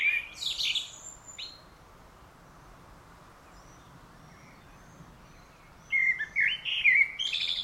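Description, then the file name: Common blackbird song, a short fluted phrase with a high squeaky flourish, silence, then another rich warbled phrase toward the end. "Turdus merula"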